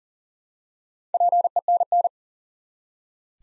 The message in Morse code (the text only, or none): PENN